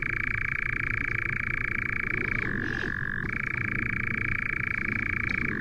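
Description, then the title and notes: European nightjar churring, a continuous dry mechanical trill that drops to a lower pitch for under a second midway and again near the end. "Lyden av en nattravn by forskningno"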